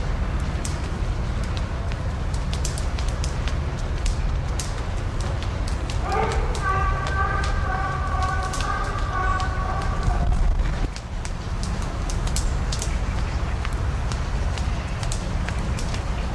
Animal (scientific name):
Rangifer tarandus